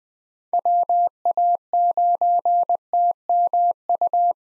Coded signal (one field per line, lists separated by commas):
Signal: Morse code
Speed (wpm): 21 wpm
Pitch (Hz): 700 Hz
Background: none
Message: WA9TMU